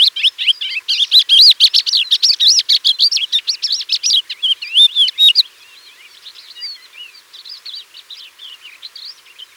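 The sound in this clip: Thekla's lark song, a fast run of varied warbled and trilled notes for about five seconds, then softer, scattered twittering phrases.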